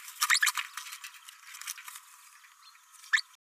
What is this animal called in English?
Green-rumped Parrotlet